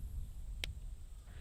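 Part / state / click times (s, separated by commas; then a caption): rifle cartridge into plastic ammunition box retainer / seated / 0.6 s. A polymer-tipped .308 Norma BondStrike rifle cartridge is pushed back into the plastic retainer tray of its factory box. It gives a single short, sharp snap at 0.6 s against a quiet background as it drops and seats into the retainer.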